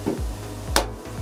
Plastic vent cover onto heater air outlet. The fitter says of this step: and it just snaps